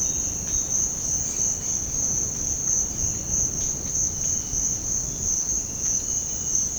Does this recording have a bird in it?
no